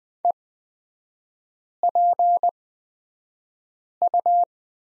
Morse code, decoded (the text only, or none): EPU